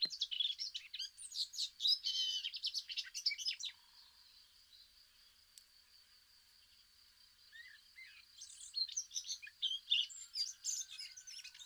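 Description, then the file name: Eurasian blackcap pouring out a dense scratchy warble for nearly four seconds, falling quiet with only a faint steady high tone, then resuming with brighter twittering phrases. "Sylvia atricapilla"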